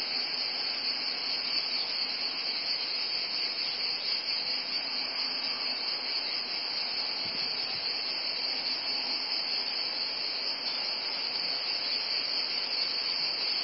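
A long, continuous cicada drone, shrill and steady, with a soft low thump heard once midway.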